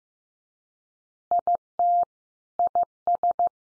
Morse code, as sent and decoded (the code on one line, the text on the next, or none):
.. - / .. ...
IT IS